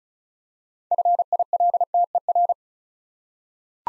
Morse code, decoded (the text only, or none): FILTER